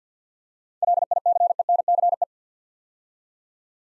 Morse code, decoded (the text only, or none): LICENCE